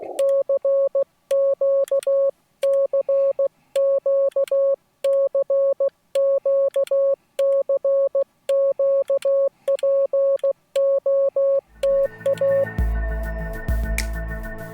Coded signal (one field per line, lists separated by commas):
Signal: Morse code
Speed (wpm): 16 wpm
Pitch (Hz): 550 Hz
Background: music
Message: CQ CQ CQ CQ POTA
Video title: Morse Code from Mammoth Cave National Park